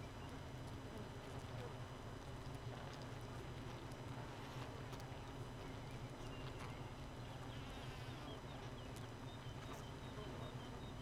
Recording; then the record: honeybee colony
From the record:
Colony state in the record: missing queen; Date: 31 May 2018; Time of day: 4:28